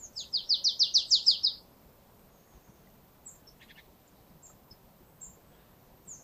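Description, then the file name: Marsh tit call: a fast rattling run of several high, sharp notes over about one and a half seconds, then a few faint high ticks. "Poecile palustris"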